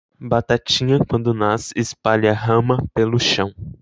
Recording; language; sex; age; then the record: short text; Brazilian Portuguese; male; 18 to 19 years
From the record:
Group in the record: control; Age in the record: 19 years